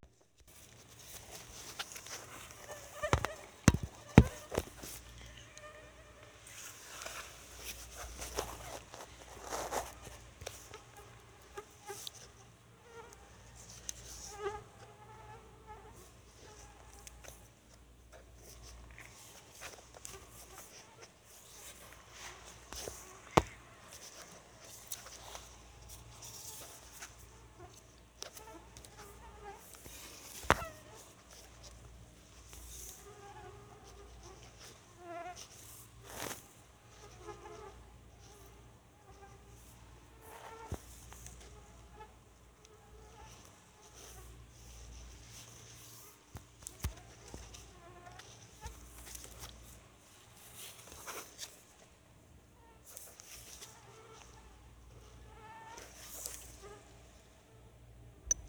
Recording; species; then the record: mosquito flight sound by mobile phone; Anopheles freeborni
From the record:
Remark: swarm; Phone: Sony Xperia